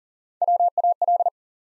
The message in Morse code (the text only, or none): WAL